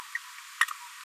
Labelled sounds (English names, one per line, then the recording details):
Green-rumped Parrotlet babbling
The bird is a female
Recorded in a nest box in Venezuela
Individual 17B73B2